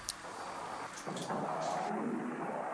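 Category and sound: nature, rain with distant thunder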